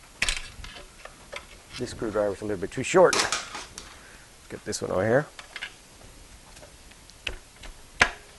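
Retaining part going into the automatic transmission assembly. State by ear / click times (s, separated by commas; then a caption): seated / 8.0 s. While a 700R4 automatic transmission is being rebuilt, a screwdriver pushes a metal retaining ring down into the transmission assembly as someone talks, with scattered metallic taps and clicks throughout. The ring pops into place with a sharp click at 8.0 s and is seated.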